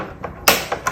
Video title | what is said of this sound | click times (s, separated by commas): Best 4 Air Purifiers for 2025 🏡💨 - Clean Air, Anytime, Anywhere! | Simply snaps back in place. | 0.5 s